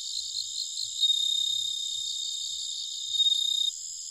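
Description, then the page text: Bell cricket song, a pure ringing note sounding twice through a dense, pulsing insect chorus that swells in short bursts. Recorded at night, 21:48, on 1 October 2011 in Nikko, Japan. "suzumusi 20111001-2148. Homoeogryllus japonicus. Nikko"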